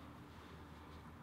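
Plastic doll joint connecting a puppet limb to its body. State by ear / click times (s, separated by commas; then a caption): not seated / none. A plastic doll joint is being pushed together by hand to attach a foam puppet limb to the puppet's body, with only a steady low background hum and faint handling noise. Nothing has seated or snapped together yet.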